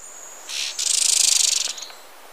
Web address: Natures Songs S America Birds of Ecuador White-sided Flowerpiercer